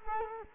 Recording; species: mosquito wingbeat signal from an infrared sensor; Culex quinquefasciatus